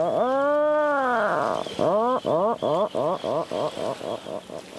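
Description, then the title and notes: Atlantic Puffin giving a long, low groaning note, then a string of shorter moaning calls repeated in quick succession, each cut off abruptly. Island colony restored with decoys by Project Puffin, now home to more than 100 nesting pairs. "Bird Note ®: Atlantic Puffin"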